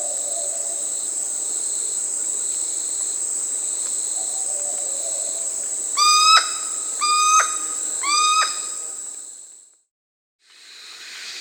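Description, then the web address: Curl-crested aracari uttering three quick squeaky notes over a steady high insect hum, then the sound cuts out briefly. Recorded in the Amazon region of Peru. "Natures Songs S America Birds of the Amazon 2. Curl-crested Aracari (Pteroglossus beauharnaesii), Peru"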